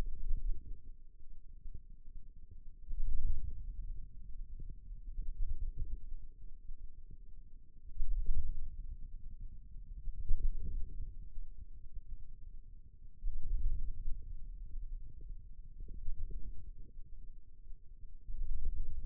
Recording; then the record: forearm muscle sounds (acoustic myography)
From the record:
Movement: wrist flexion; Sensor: system 2, bracelet of six BSWA MPA416 microphones around the upper forearm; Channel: 3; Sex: male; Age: 22 years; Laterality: right